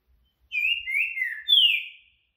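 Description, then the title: Green-winged saltator singing a rich whistled phrase: a drawn-out slurred whistle that dips, followed by a strong downward-sweeping note. Rare song type called curricutil boi boca mole; used to warm up and train a caged bird so it calls, sings and displays in singing contests. "ESQUENTAR Seu TRINCA Piando, Cantando E Macheando Na DISPUTA. CANTO RARO!! TRINCA FERRO CURRICUTIL BOI BOCA MOLE! ENCARTE"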